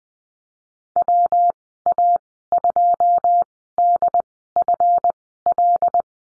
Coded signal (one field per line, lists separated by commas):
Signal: Morse code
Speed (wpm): 20 wpm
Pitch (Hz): 700 Hz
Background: none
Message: WA2DFL